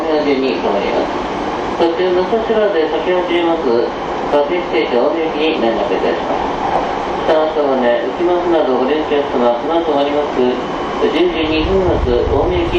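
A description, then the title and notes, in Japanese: On a TWR 70-000 series Saikyo Line rapid train, voices talk steadily over a constant low running rumble that swells briefly near the end. TWR70-000形 埼京線快速01 新木場～赤羽。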